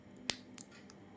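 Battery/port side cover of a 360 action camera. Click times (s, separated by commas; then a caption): 0.3 s. The plastic battery/port side cover of a 360 action camera is unlatched and removed to reach the charging port, giving a sharp snap-like click at 0.3 s, followed by two fainter clicks near 0.6 s and 0.9 s. The side cover unlatches open.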